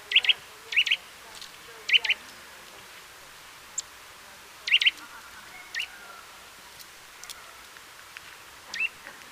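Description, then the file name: Eurasian nuthatch calls: short, sharp high notes, mostly in quick pairs at irregular intervals, with a few fainter single notes. "Sitta europaea"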